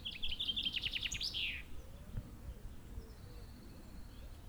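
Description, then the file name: Common chaffinch song: a fast, bright trill of repeated notes ending in a short falling flourish, then quiet background. "Fringilla coelebs"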